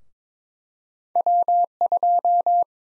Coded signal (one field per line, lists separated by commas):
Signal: Morse code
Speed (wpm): 22 wpm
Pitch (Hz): 700 Hz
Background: none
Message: W2